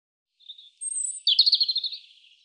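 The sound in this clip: European robin song phrase: a thin high whistle, a very high drawn note, then a fast jumbled twittering trill that fades away; no other sounds.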